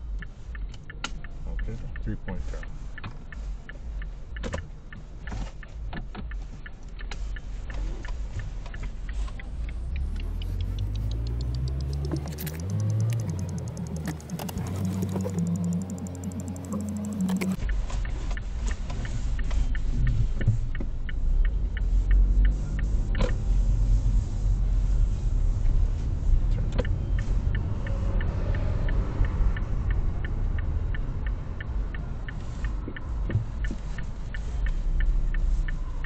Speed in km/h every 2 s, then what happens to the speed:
0, 0, 0, 0, 0, 0, 0, 0, 0, 0, 0, 9, 16, 18, 15, 1, 0, 5.
0-20 standing. 20-25 pulls away to 18. 25-30 slows to 1. 30-32 standing.